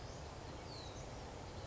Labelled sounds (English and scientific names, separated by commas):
Western Flycatcher (Empidonax difficilis)